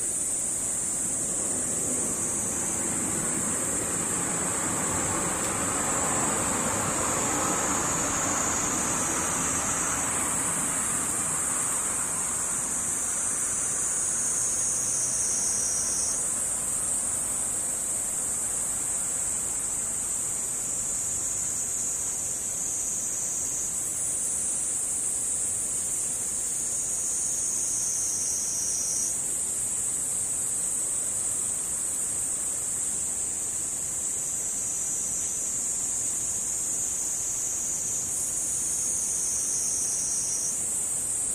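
Cicadas buzz in a loud, unbroken high-pitched drone that fills the whole clip, its pitch stepping slightly up or down every few seconds. Underneath, a soft low rumble swells in the first fifteen seconds, like a passing vehicle, then fades.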